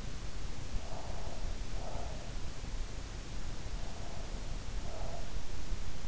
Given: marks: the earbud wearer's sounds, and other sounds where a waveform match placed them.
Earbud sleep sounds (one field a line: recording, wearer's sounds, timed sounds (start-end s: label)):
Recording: sounds in sleep by an in-ear microphone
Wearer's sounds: breath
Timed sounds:
0.75-2.77 s: breath
3.50-5.63 s: breath